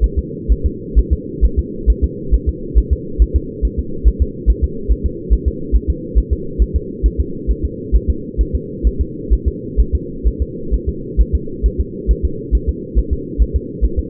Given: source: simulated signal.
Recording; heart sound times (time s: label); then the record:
fetal heart sounds
0.04 s: S1
0.19 s: S2
0.52 s: S1
0.66 s: S2
0.99 s: S1
1.13 s: S2
1.45 s: S1
1.59 s: S2
1.90 s: S1
2.04 s: S2
2.34 s: S1
2.49 s: S2
2.78 s: S1
2.93 s: S2
3.22 s: S1
3.36 s: S2
3.65 s: S1
3.79 s: S2
4.08 s: S1
4.22 s: S2
4.50 s: S1
4.64 s: S2
4.92 s: S1
5.06 s: S2
5.33 s: S1
5.48 s: S2
5.76 s: S1
5.90 s: S2
6.18 s: S1
6.33 s: S2
6.62 s: S1
6.76 s: S2
7.06 s: S1
7.20 s: S2
7.51 s: S1
7.65 s: S2
7.96 s: S1
8.10 s: S2
8.41 s: S1
8.55 s: S2
8.87 s: S1
9.01 s: S2
9.33 s: S1
9.48 s: S2
9.80 s: S1
9.95 s: S2
10.28 s: S1
10.42 s: S2
10.74 s: S1
10.89 s: S2
11.21 s: S1
11.35 s: S2
11.66 s: S1
11.80 s: S2
12.11 s: S1
12.25 s: S2
12.55 s: S1
12.69 s: S2
12.99 s: S1
13.13 s: S2
13.42 s: S1
13.56 s: S2
13.84 s: S1
13.99 s: S2
From the record:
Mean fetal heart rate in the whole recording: 135 bpm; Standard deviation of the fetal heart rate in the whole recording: 3 bpm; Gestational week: 34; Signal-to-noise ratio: -4.3 dB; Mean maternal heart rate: 72 bpm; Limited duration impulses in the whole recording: absent